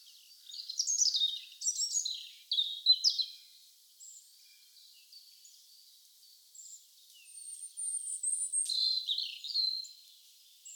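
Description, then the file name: Birds singing with sharp high chirps and short sliding twitters, active early on, then quieter, with thin high whistled notes and another twittering burst near the end. "Birdsong atmosphere"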